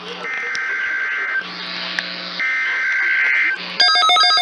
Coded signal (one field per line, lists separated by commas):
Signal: Emergency Alert System (SAME) tones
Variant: header bursts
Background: speech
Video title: THE FOLLOWING IS A TEST OF THE EAS... EAS Alerts from 8/5/2020-8/26/2020 (EAS #370-380)